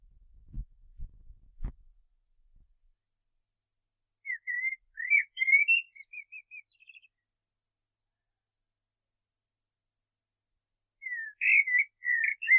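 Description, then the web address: Common blackbird song after a few low knocking sounds, a warbled fluty phrase trailing into thin high twitters, then another mellow phrase begins near the end. "SETE data Turdus merula"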